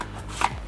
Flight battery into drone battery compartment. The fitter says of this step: we position and it should click the battery should click in the place